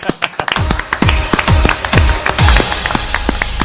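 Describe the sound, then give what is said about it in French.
A single person applauds themselves, clapping steadily about twice a second, each clap sharp and loud with a slight low thump, for nearly four seconds with no one talking. “Je m'applaudis.”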